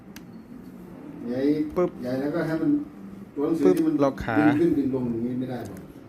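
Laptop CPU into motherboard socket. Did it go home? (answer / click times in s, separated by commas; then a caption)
yes / 0.2 s. A laptop CPU is placed in its motherboard socket and the socket lock is engaged, giving a short sharp click at 0.2 s. Someone then talks for the rest of the clip. The CPU is seated with its pins locked in place.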